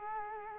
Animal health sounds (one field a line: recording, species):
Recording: mosquito wingbeat signal from an infrared sensor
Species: Culex quinquefasciatus